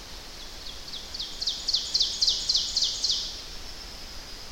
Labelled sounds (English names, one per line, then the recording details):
Ovenbird song
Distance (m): 45 m
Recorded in boreal forest in Alberta, Canada, on 10 June 2016 at 08:57
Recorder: SongMeter 3, array SBT-3-39
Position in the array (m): 212 m, 176 m
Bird 17